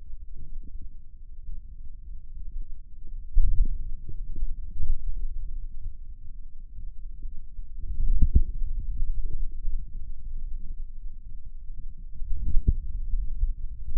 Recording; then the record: forearm muscle sounds (acoustic myography)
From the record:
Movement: hand closing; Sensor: system 2, bracelet of six BSWA MPA416 microphones around the upper forearm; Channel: 4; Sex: male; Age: 22 years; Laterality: right